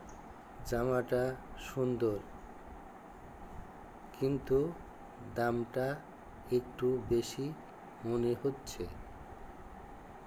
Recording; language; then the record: elicited speech; Bengali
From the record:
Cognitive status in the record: dementia